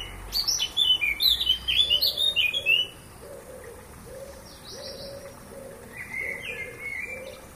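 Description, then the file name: Eurasian blackcap giving a quick, varied warbling phrase of bright notes for about three seconds; a low note repeats steadily beneath, with faint calls later. "Sylvia atricapilla"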